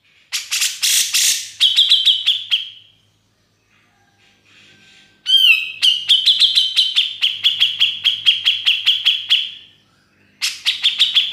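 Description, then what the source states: Grey-cheeked bulbul song: harsh chattering bursts and rapid ticking notes over a sustained high tone, then a long run of rapid ticking notes over a sustained high tone, with brief silent gaps. Song used to tutor other birds.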